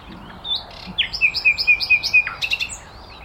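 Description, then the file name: Common nightingale song phrase: a few scattered notes, then a steady run of several whistled notes, ending in a sharp dropping note and brief twitter. "Luscinia megarhynchos"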